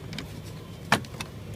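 A retrofit crank handle cover for a casement window is pressed into the operator housing against the frame, with faint light ticks near 0.1–0.2 s. It pops into place with one sharp snap at 0.9 s, followed by a softer tick around 1.2 s. The piece is seated and fits snugly.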